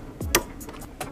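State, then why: Torque reached. A torque wrench tightens a calibration pin into the motor of an inLab MC XL dental milling unit. A dull low thump at about 0.2 s leads into one sharp, bright click at 0.4 s, with a softer tick near 1.0 s. The wrench clicks at its torque setting, showing the pin is properly torqued.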